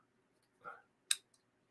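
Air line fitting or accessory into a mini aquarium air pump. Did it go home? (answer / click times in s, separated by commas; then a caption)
yes / 1.1 s. An air line fitting or accessory is pressed into a Hygger ultra silent ceramic mini piezoelectric aquarium air pump during an unboxing. A soft rustling scrape comes at about 0.6–0.8 s, then a sharp, bright click at 1.1 s and a faint tick at 1.3 s. The part is seated, snapped into place so it will not fall out.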